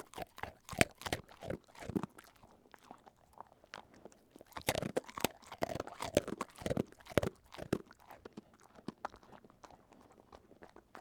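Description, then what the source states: Dog crunching and chewing: irregular loud bites and crunches throughout, with short pauses between bursts. Dog eating a Milk-Bone.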